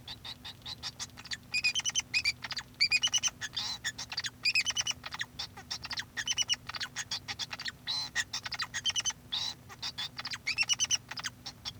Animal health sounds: song of a male Bengalese finch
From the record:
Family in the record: son of father 2

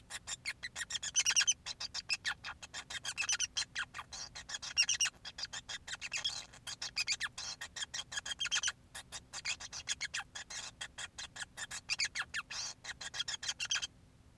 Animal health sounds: song of a male Bengalese finch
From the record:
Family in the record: son of father 5

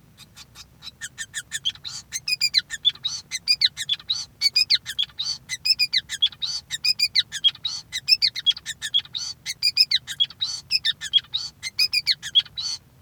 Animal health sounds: song of a male Bengalese finch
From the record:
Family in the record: son of father 5

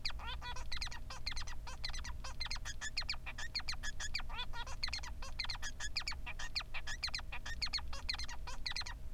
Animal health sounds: song of a male Bengalese finch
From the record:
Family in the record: son of father 3

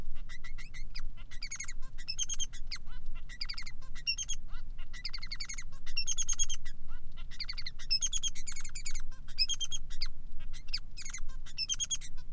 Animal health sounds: song of a male Bengalese finch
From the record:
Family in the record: son of father 3

